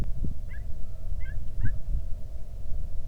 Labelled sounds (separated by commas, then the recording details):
waterfowl
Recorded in the Arctic National Wildlife Refuge, Alaska, on 3 August 2019 at 10:06
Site 46